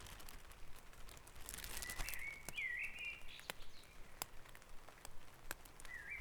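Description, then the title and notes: Birds singing: a twisting warbled phrase in the middle and a short chirp at the end, with sharp clicks scattered throughout. Dawn chorus at Back Dragon Avenue, Harrogate. "Dawn Chorus // Back Dragon Avenue, Harrogate. Sound Map Of Harrogate"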